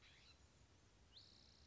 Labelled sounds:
Spotted Towhee (Pipilo maculatus)
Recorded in Sonoma County, California

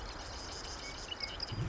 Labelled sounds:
Marsh Wren (Cistothorus palustris)
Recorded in Sonoma County, California

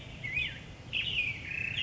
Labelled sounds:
Black-headed Grosbeak (Pheucticus melanocephalus)
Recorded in Sonoma County, California

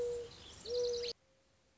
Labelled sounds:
Mourning Dove (Zenaida macroura)
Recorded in Sonoma County, California

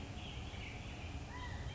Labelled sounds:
California Quail (Callipepla californica)
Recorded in Sonoma County, California

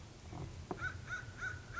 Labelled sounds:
American Crow (Corvus brachyrhynchos)
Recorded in Sonoma County, California

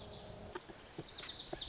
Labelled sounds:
Lazuli Bunting (Passerina amoena)
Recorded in Sonoma County, California

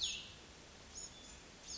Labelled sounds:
Cassin's Vireo (Vireo cassinii)
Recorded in Sonoma County, California

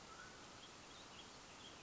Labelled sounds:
Mountain Quail (Oreortyx pictus)
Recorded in Sonoma County, California

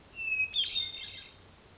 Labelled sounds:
Hermit Thrush (Catharus guttatus)
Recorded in Sonoma County, California

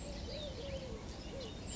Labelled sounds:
Eurasian Collared Dove (Streptopelia decaocto)
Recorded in Sonoma County, California

